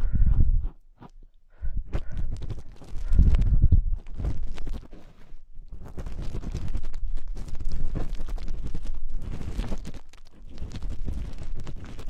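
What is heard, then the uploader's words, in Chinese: Ear cleaning with various sticks: dense scratchy rubbing and low thuds, a brief silence near one second, then steady rustling scraping throughout. 用各种棒棒清理你的耳朵。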